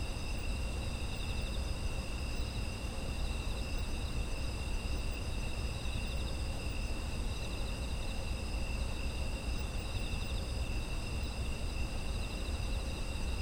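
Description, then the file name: Insects trill ceaselessly in overlapping high notes, some faintly pulsing, while a dull low hum runs beneath the whole time. Autumn insect ambience. "秋の虫の環境音"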